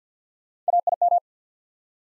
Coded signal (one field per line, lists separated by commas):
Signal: Morse code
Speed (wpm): 50 wpm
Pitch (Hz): 700 Hz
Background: none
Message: A I M